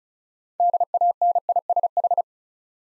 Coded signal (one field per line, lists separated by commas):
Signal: Morse code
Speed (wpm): 36 wpm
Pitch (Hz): 700 Hz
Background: none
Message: DANISH